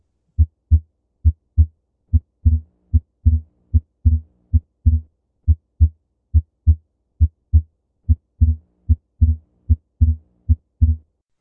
Physiologic split. Almost sounds a little like an echo. This is in adults. A few beats of a split second heart sound, and then it goes back to three beats of a not split second heart sound.